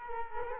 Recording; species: mosquito wingbeat signal from an infrared sensor; Culex quinquefasciatus